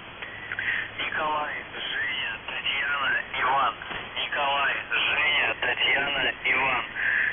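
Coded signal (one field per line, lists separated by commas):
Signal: numbers station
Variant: UVB-76, Russian voice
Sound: a male voice reading Russian words and numbers over a narrow radio channel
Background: radio static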